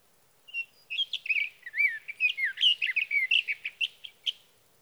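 Sage thrasher singing a rapid, varied warble with looping whistled slurs, continuous for about four seconds, faint background hiss throughout.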